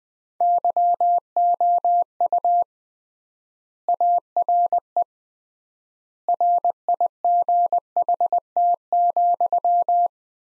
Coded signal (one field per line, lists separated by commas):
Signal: Morse code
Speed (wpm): 20 wpm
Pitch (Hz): 700 Hz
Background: none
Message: YOU ARE RIGHT,